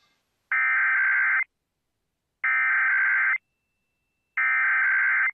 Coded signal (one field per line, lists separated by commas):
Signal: Emergency Alert System (SAME) tones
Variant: header bursts